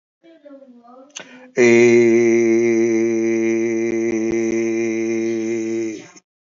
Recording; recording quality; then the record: sustained vowel as in made; excellent, no background noise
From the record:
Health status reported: healthy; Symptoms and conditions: cough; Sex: male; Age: 52 years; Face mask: not worn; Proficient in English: yes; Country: India